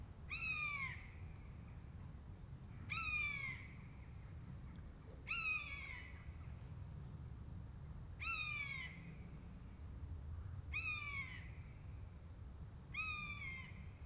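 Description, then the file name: Buzzard cries repeated about every two and a half seconds, six harsh downslurred mews in a row over quiet low background noise. A pair of buzzards. "jl buzzard pair"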